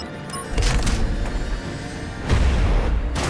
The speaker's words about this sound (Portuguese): Capitão, impacto! Está furando!